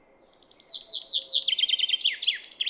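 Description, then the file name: Common chaffinch song: a short run of high chipping notes leading into a descending trill, ending in a brief flourish. "Fringilla coelebs"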